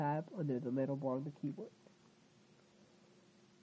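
A plastic key hinge tab is slid under the metal bar of a Toshiba L800/C800 laptop keyboard frame and lined up before any pressure is applied. Someone talks for about the first 1.7 seconds, then only faint background hiss remains. Nothing has seated or clicked yet.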